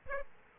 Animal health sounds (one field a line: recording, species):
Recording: mosquito wingbeat signal from an infrared sensor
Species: Aedes aegypti